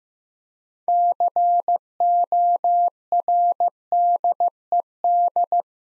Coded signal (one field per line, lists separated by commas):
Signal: Morse code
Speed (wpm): 15 wpm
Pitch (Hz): 700 Hz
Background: none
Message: CORDED